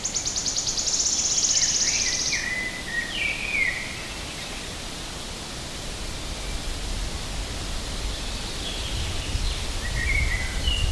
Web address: linnut sirittaja